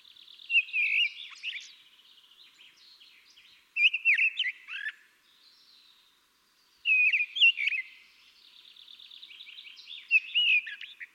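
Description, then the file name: Common blackbird singing rich mellow whistled phrases that trail into squeaky high twitters, four phrases spaced a few seconds apart. "Turdus merula"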